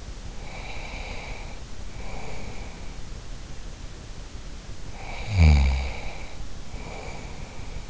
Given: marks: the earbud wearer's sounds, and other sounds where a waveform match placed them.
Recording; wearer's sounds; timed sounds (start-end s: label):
sounds in sleep by an in-ear microphone; breath, snoring breath
0.37-2.94 s: breath
4.93-7.90 s: snoring breath